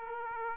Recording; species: mosquito wingbeat signal from an infrared sensor; Aedes aegypti